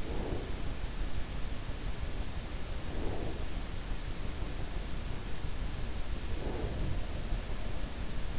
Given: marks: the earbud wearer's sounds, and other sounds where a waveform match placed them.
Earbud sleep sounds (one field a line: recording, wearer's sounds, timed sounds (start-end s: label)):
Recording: sounds in sleep by an in-ear microphone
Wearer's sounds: breath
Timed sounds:
0.00-0.61 s: breath
2.84-3.43 s: breath
6.33-7.05 s: breath